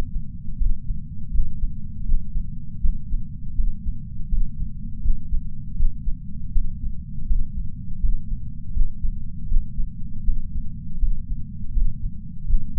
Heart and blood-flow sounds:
heart sounds by patch sensor on the chest; 81 bpm
0.57 s: heartbeat
1.31 s: heartbeat
2.05 s: heartbeat
2.80 s: heartbeat
3.55 s: heartbeat
4.28 s: heartbeat
5.02 s: heartbeat
5.76 s: heartbeat
6.52 s: heartbeat
7.27 s: heartbeat
7.99 s: heartbeat
8.74 s: heartbeat
9.48 s: heartbeat
10.24 s: heartbeat
10.99 s: heartbeat
11.72 s: heartbeat
12.47 s: heartbeat
From the record:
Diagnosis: coronary artery disease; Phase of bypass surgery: intraoperative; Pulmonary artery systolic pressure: 21 mmHg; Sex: male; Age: 60 years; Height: 180 cm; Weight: 100 kg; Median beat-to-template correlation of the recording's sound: 0.80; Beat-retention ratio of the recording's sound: 1.00

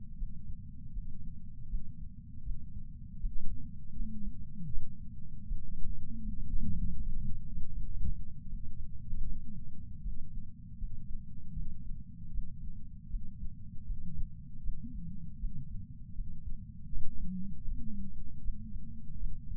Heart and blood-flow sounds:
heart sounds by patch sensor on the chest; 79 bpm
0.16 s: heartbeat
0.91 s: heartbeat
1.68 s: heartbeat
2.43 s: heartbeat
3.18 s: heartbeat
3.93 s: heartbeat
4.69 s: heartbeat
5.45 s: heartbeat
6.20 s: heartbeat
6.95 s: heartbeat
7.71 s: heartbeat
8.47 s: heartbeat
9.23 s: heartbeat
10.00 s: heartbeat
10.76 s: heartbeat
11.52 s: heartbeat
12.30 s: heartbeat
13.08 s: heartbeat
13.84 s: heartbeat
14.61 s: heartbeat
15.38 s: heartbeat
16.13 s: heartbeat
16.88 s: heartbeat
17.65 s: heartbeat
18.41 s: heartbeat
19.17 s: heartbeat
From the record:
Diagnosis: coronary artery disease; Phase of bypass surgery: intraoperative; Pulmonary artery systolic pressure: 27 mmHg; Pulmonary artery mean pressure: 22 mmHg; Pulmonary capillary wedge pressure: 12 mmHg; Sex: male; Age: 49 years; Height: 175 cm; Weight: 80 kg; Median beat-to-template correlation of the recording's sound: 0.80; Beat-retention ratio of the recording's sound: 1.00

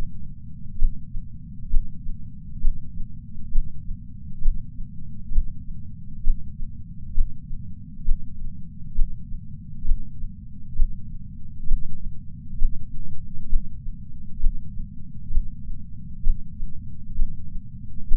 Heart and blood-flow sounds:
heart sounds by patch sensor on the chest; 66 bpm
0.78 s: heartbeat
1.70 s: heartbeat
2.61 s: heartbeat
3.52 s: heartbeat
4.42 s: heartbeat
5.32 s: heartbeat
6.23 s: heartbeat
7.14 s: heartbeat
8.05 s: heartbeat
8.95 s: heartbeat
9.85 s: heartbeat
10.75 s: heartbeat
11.67 s: heartbeat
12.58 s: heartbeat
13.49 s: heartbeat
14.40 s: heartbeat
15.31 s: heartbeat
16.23 s: heartbeat
17.15 s: heartbeat
18.08 s: heartbeat
From the record:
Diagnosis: coronary artery disease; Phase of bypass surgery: intraoperative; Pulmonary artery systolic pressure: 28 mmHg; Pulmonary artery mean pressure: 20 mmHg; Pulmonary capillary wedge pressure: 13 mmHg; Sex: male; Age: 57 years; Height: 172 cm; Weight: 86 kg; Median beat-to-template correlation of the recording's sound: 0.92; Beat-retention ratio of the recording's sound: 0.99

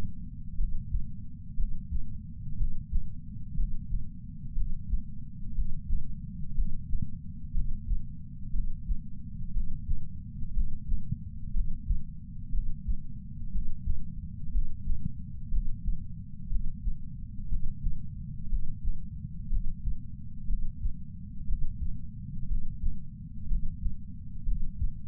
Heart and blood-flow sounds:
heart sounds by patch sensor on the chest; 60 bpm
0.59 s: heartbeat
1.58 s: heartbeat
2.59 s: heartbeat
3.58 s: heartbeat
4.56 s: heartbeat
5.56 s: heartbeat
6.56 s: heartbeat
7.55 s: heartbeat
8.54 s: heartbeat
9.55 s: heartbeat
10.55 s: heartbeat
11.55 s: heartbeat
12.53 s: heartbeat
13.53 s: heartbeat
14.53 s: heartbeat
15.52 s: heartbeat
16.51 s: heartbeat
17.50 s: heartbeat
18.51 s: heartbeat
19.51 s: heartbeat
20.48 s: heartbeat
21.48 s: heartbeat
22.49 s: heartbeat
23.50 s: heartbeat
24.46 s: heartbeat
From the record:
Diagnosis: coronary artery disease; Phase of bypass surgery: preoperative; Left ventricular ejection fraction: 41.8%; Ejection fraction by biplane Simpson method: 39%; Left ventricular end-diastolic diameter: 62 mm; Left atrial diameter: 43 mm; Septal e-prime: 3 cm/s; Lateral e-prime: 8 cm/s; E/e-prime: 13.6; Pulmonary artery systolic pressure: 41 mmHg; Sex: male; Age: 69 years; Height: 165 cm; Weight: 60 kg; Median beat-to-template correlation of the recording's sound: 0.79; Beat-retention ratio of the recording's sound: 0.99

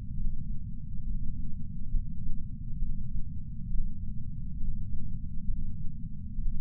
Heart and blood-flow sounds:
heart sounds by patch sensor on the chest; 68 bpm
0.15 s: heartbeat
1.04 s: heartbeat
1.91 s: heartbeat
2.79 s: heartbeat
3.68 s: heartbeat
4.58 s: heartbeat
5.46 s: heartbeat
6.36 s: heartbeat
From the record:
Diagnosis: coronary artery disease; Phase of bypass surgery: preoperative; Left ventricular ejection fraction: 43.1%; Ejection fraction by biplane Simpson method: 44.4%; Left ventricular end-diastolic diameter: 60 mm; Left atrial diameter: 37 mm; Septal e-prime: 5.3 cm/s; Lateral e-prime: 8.1 cm/s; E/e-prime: 7.6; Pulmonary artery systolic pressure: 20 mmHg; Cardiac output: 4.08 L/min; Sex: male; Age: 57 years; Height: 183 cm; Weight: 85 kg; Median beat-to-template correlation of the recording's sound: 0.82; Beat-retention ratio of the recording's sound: 0.97

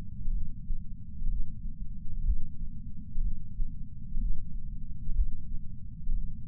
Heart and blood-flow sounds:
heart sounds by patch sensor on the chest; 62 bpm
0.31 s: heartbeat
1.27 s: heartbeat
2.23 s: heartbeat
3.21 s: heartbeat
4.18 s: heartbeat
5.13 s: heartbeat
6.12 s: heartbeat
From the record:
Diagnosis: coronary artery disease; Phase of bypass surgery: postoperative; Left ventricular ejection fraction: 68.2%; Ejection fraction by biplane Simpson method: 62.7%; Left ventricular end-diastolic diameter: 48 mm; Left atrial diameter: 40 mm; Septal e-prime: 8.6 cm/s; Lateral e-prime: 10.2 cm/s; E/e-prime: 10.9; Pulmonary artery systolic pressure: 38 mmHg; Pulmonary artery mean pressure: 18 mmHg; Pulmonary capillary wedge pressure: 11 mmHg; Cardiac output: 6.45 L/min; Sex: male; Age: 57 years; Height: 175 cm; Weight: 80 kg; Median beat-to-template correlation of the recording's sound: 0.76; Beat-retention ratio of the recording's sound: 0.99

